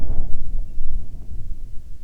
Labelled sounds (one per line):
wind